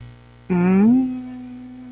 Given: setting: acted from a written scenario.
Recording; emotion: vocal sound without words; confusion